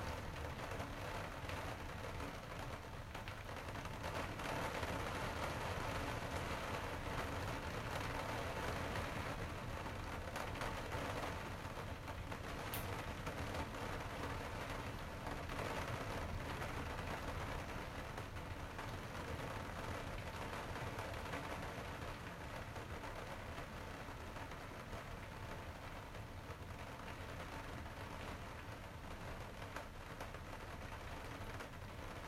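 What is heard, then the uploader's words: A rainstorm pours steadily, a dense, even hiss filling the whole recording with a low rumbling undertone beneath it. The level stays nearly constant, swelling slightly around five to fifteen seconds, with a brief sharp crack near thirteen seconds. Rainstorm.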